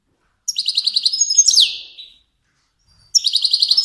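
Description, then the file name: Finch song: a rapid, rattling high trill ending in a downward-sweeping note, then silence before the trill starts again. Kermani finch. "sound finch kermani long"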